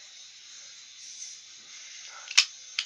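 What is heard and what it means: A steel shackle on a combination padlock is pulled after the dial is turned to the last number of the combination, and it springs free of the lock body with a sharp metallic clack at 2.4 s. A quieter click follows at 2.8 s over a steady hiss. The padlock is open.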